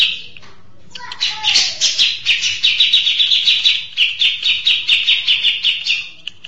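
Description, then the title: Mixed birds, a busy chorus of high, rapid chirps in quick pulses, starting after a second of quiet and fading out at the end. "Burung Campur2"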